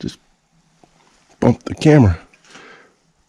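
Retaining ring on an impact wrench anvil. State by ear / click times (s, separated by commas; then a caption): not seated / none. Someone pushes a steel retaining ring toward the anvil groove of an impact wrench, but it doesn't go in that time. Someone talks over faint, brief handling sounds near 0.8 s and 2.5 s. Nothing has seated or clicked yet.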